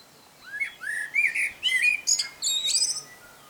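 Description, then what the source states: Common blackbird song: low mellow whistled notes rising into a run of fluty phrases, closing with thin high chattering twitters, about three seconds long. Male singing.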